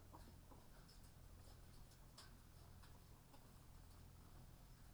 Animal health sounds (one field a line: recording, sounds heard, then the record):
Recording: poultry house recording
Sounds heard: sick chickens (respiratory disease)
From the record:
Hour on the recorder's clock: 9